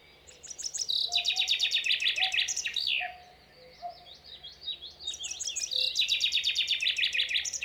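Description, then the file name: Common chaffinch song: two bright descending trilled phrases about five seconds apart, the first ending in a flourish and the second cut off at the end, with a few soft notes between them. "Fringilla coelebs"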